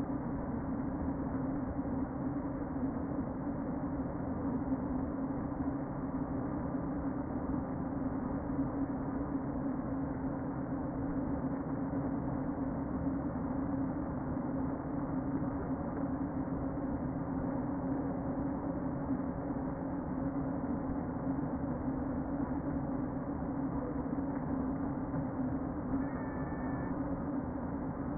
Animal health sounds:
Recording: honeybee colony, microphone inside the hive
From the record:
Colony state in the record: queen present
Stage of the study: before two queens were removed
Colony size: about 60,000 bees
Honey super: yes

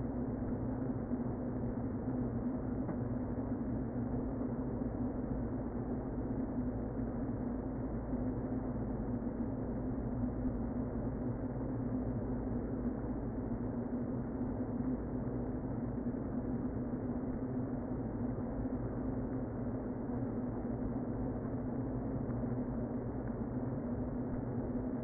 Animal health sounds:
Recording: honeybee colony, microphone inside the hive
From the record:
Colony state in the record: queen present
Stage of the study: before two queens were removed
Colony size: about 60,000 bees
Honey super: yes

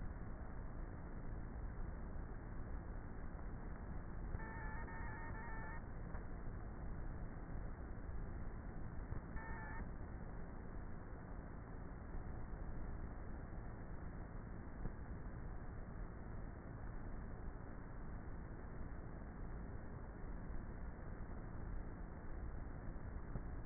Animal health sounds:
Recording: honeybee colony, microphone inside the hive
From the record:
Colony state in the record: queenless with a low population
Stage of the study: before two queens were removed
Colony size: about 30,000 bees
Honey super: no

